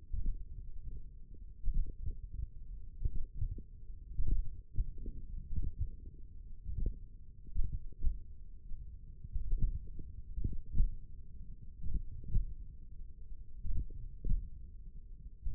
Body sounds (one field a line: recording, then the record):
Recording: forearm muscle sounds (acoustic myography)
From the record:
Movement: tripod grip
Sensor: system 1, eight BSWA MPA416 microphones around the upper forearm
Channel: 2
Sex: male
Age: 42 years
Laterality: right